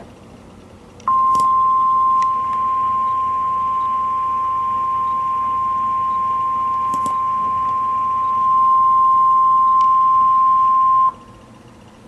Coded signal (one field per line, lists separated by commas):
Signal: Emergency Alert System (SAME) tones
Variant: 1050 Hz attention tone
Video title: Tornado Watch #5 for 9 Counties in Oklahoma {EAS #1108} 1-29-13